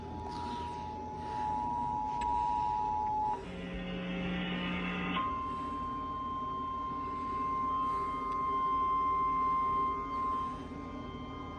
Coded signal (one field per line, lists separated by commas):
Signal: Emergency Alert System (SAME) tones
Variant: 853 and 960 Hz attention tone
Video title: CAE CHAOS & 100TH EAS!!!!!! EAS Compilation 99-101